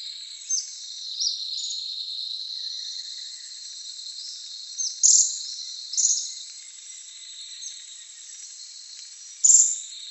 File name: Philydorlichtensteini Reserva Itaipu 15 MAY 00 MVQZ